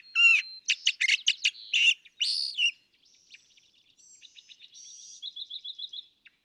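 California thrasher song: a burst of loud harsh chattering notes, a short pause, then softer, rapidly repeated thin notes.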